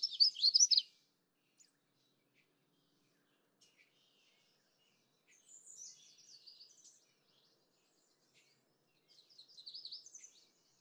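Magnolia warbler songs, a bright burst of high slurred notes at the start, then two fainter whistled phrases several seconds apart.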